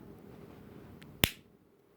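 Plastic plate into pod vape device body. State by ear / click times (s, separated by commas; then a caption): seated / 1.2 s. A plastic internal plate on a Smok Novo X pod vape is pressed home into the device body while the battery is held still. After a quiet stretch of low background noise, one sharp snap rings out at 1.2 seconds and fades quickly. The plate clicks into place and is seated.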